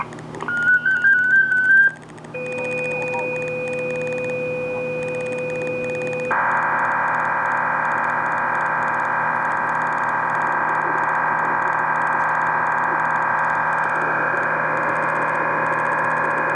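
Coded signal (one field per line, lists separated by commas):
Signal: MT63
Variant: MT63-2000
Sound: brief stepping tone, two steady tones, then a wide dense rushing hiss-like warble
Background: radio static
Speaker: i am ready to receive all right transmitting in three two one okay here we go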